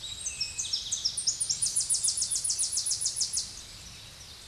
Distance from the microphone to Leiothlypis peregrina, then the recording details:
about 25 m. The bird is about 20 m above the microphone. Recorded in a Pennsylvania forest on 16 May 2024 at 07:16. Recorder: AudioMoth, point MSD-2007. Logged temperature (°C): 16.1 °C. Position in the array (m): 18 m, 40 m